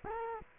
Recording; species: mosquito wingbeat signal from an infrared sensor; Culex quinquefasciatus